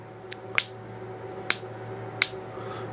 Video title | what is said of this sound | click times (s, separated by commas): Longer Ray 5 Laser Expansion Part 2 | and snapping all those back shut | 0.6 s, 1.5 s, 2.2 s